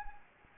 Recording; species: mosquito wingbeat signal from an infrared sensor; Anopheles gambiae